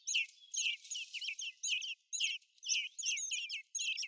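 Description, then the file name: Common blackbird uttering scratchy, chattering call bursts, several in quick succession with short gaps, the notes harsh and high. "Turdus merula"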